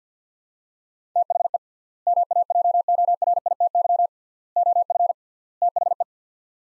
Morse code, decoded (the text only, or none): THE MAJORITY OF THE